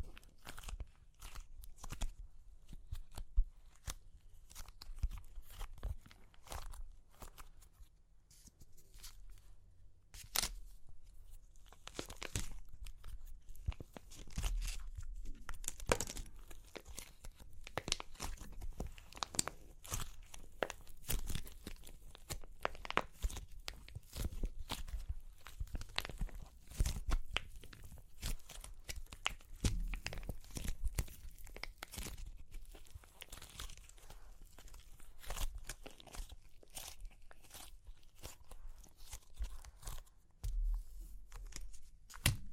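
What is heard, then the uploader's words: Crunchy clay cracking, a dense run of sharp snaps and crumbles that continues for the whole length. The cracks come irregularly, several per second, bright and crisp, with a low rumble underneath and occasional louder crunches around the middle and near the end. Super Crunchy Clay Cracking (No Talking).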